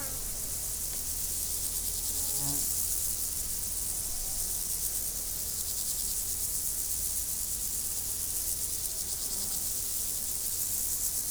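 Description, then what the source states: Insects keep up an unbroken, sizzling high chorus, with a steady low hum beneath and a short faint sound early on. Insects recorded in nature, 2014.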